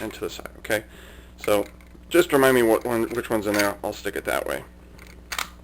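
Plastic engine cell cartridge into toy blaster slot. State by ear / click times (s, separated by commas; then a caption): seated / 5.4 s. Someone talks while a plastic engine cell cartridge is turned sideways, since it won't go in upright, and pushed into the slot of a plastic Power Rangers RPM Nitro Blaster toy. Small plastic clicks follow, and the cartridge locks in place with a sharp click at 5.4 s.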